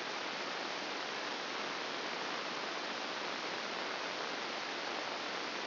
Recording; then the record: brain microelectrode recording played as sound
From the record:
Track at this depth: inside the subthalamic nucleus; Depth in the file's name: 3.566 mm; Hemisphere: left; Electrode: 2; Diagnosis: Parkinson's disease